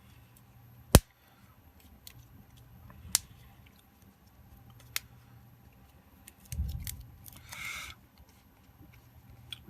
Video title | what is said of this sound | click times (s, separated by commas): Samsung s4 i9505 screen reassembly | and you'll hear all the clicks | 0.9 s, 3.1 s, 5.0 s, 6.5 s, 6.9 s, 9.5 s